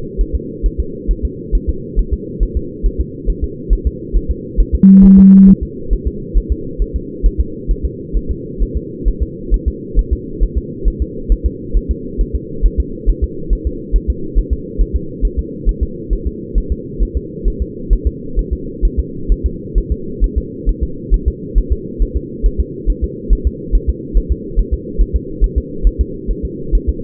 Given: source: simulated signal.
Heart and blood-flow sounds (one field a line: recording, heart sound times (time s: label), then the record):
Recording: fetal heart sounds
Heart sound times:
0.21 s: S1
0.35 s: S2
0.66 s: S1
0.80 s: S2
1.11 s: S1
1.25 s: S2
1.55 s: S1
1.69 s: S2
1.99 s: S1
2.13 s: S2
2.43 s: S1
2.57 s: S2
2.86 s: S1
3.00 s: S2
3.30 s: S1
3.44 s: S2
3.73 s: S1
3.87 s: S2
4.16 s: S1
4.31 s: S2
4.60 s: S1
4.75 s: S2
5.05 s: S1
5.19 s: S2
5.49 s: S1
5.63 s: S2
5.93 s: S1
6.07 s: S2
6.38 s: S1
6.52 s: S2
6.82 s: S1
6.96 s: S2
7.26 s: S1
7.40 s: S2
7.71 s: S1
7.85 s: S2
8.17 s: S1
8.31 s: S2
8.62 s: S1
8.77 s: S2
9.08 s: S1
9.22 s: S2
9.54 s: S1
9.68 s: S2
9.99 s: S1
10.13 s: S2
10.43 s: S1
10.58 s: S2
10.88 s: S1
11.02 s: S2
11.32 s: S1
11.46 s: S2
11.77 s: S1
11.91 s: S2
12.21 s: S1
12.35 s: S2
12.66 s: S1
12.80 s: S2
13.09 s: S1
13.24 s: S2
13.53 s: S1
13.67 s: S2
13.96 s: S1
14.10 s: S2
14.38 s: S1
14.53 s: S2
14.81 s: S1
14.96 s: S2
15.25 s: S1
15.39 s: S2
15.69 s: S1
15.83 s: S2
16.13 s: S1
16.27 s: S2
16.58 s: S1
16.72 s: S2
17.03 s: S1
17.17 s: S2
17.48 s: S1
17.62 s: S2
17.93 s: S1
18.07 s: S2
18.39 s: S1
18.53 s: S2
18.85 s: S1
18.99 s: S2
19.32 s: S1
19.46 s: S2
19.78 s: S1
19.92 s: S2
20.24 s: S1
20.38 s: S2
20.69 s: S1
20.83 s: S2
21.14 s: S1
21.28 s: S2
21.58 s: S1
21.72 s: S2
22.02 s: S1
22.16 s: S2
22.46 s: S1
22.60 s: S2
22.90 s: S1
23.04 s: S2
23.33 s: S1
23.47 s: S2
23.75 s: S1
23.90 s: S2
24.17 s: S1
24.32 s: S2
24.59 s: S1
24.74 s: S2
25.01 s: S1
25.16 s: S2
25.44 s: S1
25.58 s: S2
25.87 s: S1
26.01 s: S2
26.31 s: S1
26.45 s: S2
26.75 s: S1
26.89 s: S2
From the record:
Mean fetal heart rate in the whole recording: 135 bpm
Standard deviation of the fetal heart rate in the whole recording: 3 bpm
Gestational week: 36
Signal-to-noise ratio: -4.3 dB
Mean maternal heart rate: 72 bpm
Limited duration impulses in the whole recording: present